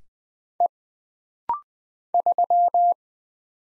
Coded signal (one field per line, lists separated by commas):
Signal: Morse code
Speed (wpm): 20 wpm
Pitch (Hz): 700 Hz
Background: none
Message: E 3